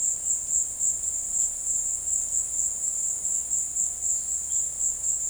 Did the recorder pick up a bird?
no